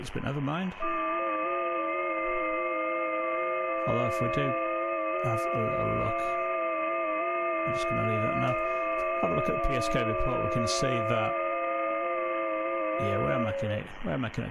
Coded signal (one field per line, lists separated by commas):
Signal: FT8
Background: speech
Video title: Saturday night FT8 session on 15m, east coast USA is open !